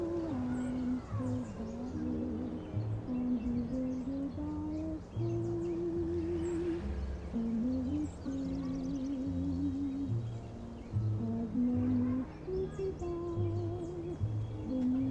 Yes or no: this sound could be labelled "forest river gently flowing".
no